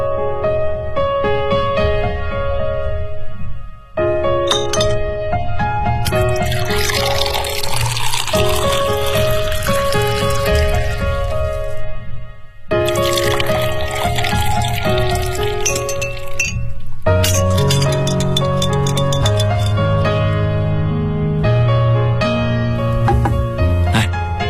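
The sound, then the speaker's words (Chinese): A blue cocktail called Love of the Sea, made of white rum, blue curaçao, pineapple juice and lemon juice, is poured and mixed: glasses chink and clink, liquid splashes and trickles, all over a steady bed of tonal background music with no one speaking. “哎，你稍等啊，我想送你杯鸡尾酒。”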